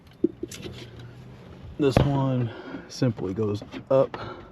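During windshield reassembly on a 2025 Mercedes GLC300 SUV, a plastic interior trim cover by the rear-view mirror area is handled and pushed straight up toward its windshield-area mount, with a few faint ticks near the start while someone talks. The clip ends before the part goes home, so nothing has seated or clicked yet.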